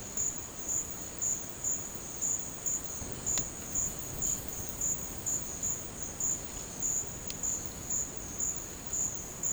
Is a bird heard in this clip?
no